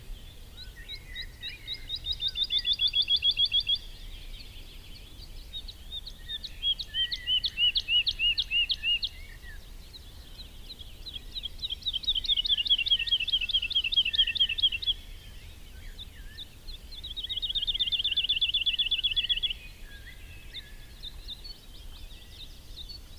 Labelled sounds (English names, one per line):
Wood Lark song